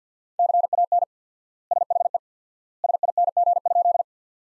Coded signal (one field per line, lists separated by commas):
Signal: Morse code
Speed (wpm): 50 wpm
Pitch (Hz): 700 Hz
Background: none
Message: CAN SHE SING?